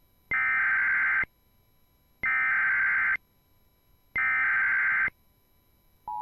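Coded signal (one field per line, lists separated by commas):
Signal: Emergency Alert System (SAME) tones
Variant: header bursts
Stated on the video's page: Weekly IPAWS CAP tests.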